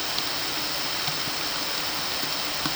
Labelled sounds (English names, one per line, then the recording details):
none
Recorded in pastures near Puerto Asís, Putumayo, Colombia, on 9 March 2025 at 11:30
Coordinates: 0.486, -76.323
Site G075